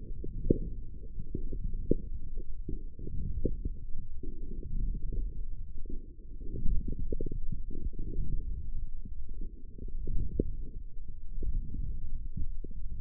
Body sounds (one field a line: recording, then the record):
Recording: forearm muscle sounds (acoustic myography)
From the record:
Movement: forearm supination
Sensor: system 1, eight BSWA MPA416 microphones around the upper forearm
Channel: 5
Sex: female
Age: 22 years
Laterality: right